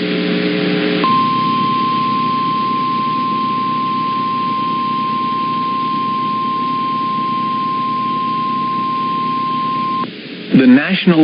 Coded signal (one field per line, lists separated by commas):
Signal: Emergency Alert System (SAME) tones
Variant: 1050 Hz attention tone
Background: speech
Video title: THE MADNESS OF STORMS... (Part 2) || EAS Alerts from March & April (EAS #75 - #93)